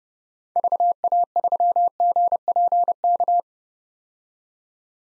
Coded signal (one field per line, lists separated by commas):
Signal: Morse code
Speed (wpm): 30 wpm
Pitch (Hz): 700 Hz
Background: none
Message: VA3GPK